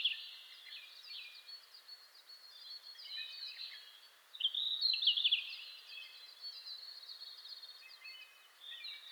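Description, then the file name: Red-flanked bluetail song, a short, bright warbled phrase near the middle, against a steady chorus of thin, high bird calls. Recorded 27 May 2007 at 04:26. "ruribitaki 20070527-0426"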